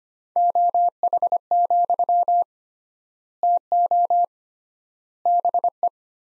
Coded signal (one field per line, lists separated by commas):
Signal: Morse code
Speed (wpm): 25 wpm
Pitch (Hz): 700 Hz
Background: none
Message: OH, TO BE